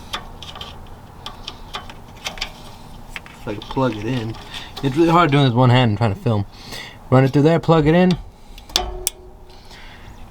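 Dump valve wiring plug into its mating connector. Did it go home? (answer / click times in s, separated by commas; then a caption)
yes / 8.8 s, 9.1 s. The wiring plug of an RPM electronic dump valve for a Can-Am X3 RC buggy is pushed by hand into its mating connector while someone talks, with small handling ticks along the way. Two sharp clicks at 8.8 s and 9.1 s mark the plug seating in the connector.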